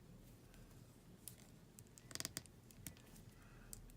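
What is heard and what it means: A detachable plastic piece that had come off a small Star Trek Galaxy Collection B4 Sulu action figure is pushed back into place. Faint handling ticks lead into a quick cluster of sharp plastic clicks, with the piece clicking back in and seating at 2.4 s, followed by a few lighter ticks.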